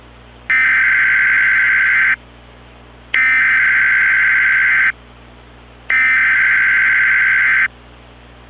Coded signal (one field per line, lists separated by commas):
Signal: Emergency Alert System (SAME) tones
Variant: header bursts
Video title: DASDEC EAS Mock- Frankenmuth Tornado Emergency during Snowfest